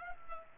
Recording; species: mosquito wingbeat signal from an infrared sensor; Culex pipiens